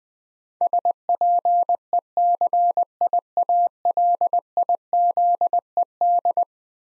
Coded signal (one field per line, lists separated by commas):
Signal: Morse code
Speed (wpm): 21 wpm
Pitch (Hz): 700 Hz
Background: none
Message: SPECIALIZED